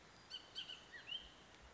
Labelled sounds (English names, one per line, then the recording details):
Bullock's Oriole
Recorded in Sonoma County, California